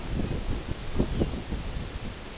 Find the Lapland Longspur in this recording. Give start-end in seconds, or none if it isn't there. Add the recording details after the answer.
0.92-1.40. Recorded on Arctic tundra, site NAIT-1, on 22 June 2018. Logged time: 13:00